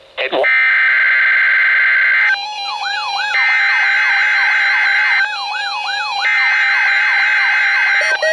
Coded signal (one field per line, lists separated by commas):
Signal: Emergency Alert System (SAME) tones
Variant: header bursts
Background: speech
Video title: Required Weekly Test - 03/20/19 (EAS #1,818)